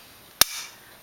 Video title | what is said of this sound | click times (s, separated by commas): FN Herstal FNP-9 9mm - changing magazine followers | once you hear that click you know that the releases have been triggered so you | 0.4 s